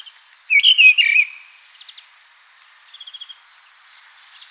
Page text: Mistle Thrush Song. Quick Sounds